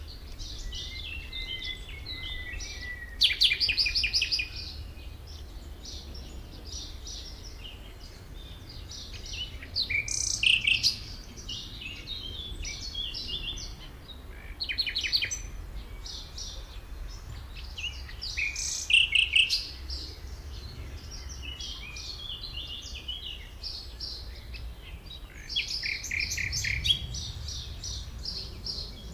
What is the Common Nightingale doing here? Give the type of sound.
song